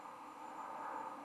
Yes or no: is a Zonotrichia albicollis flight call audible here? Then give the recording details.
no. No flight call is heard. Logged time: 04:29 on 21 December 2014